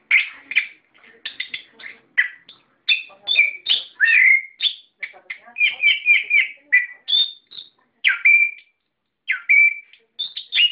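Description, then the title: Bird chattering with sharp chirps, trills and whistles, phrases packed closely together and a brief silence near the end. "SuaraBurung Kicau4"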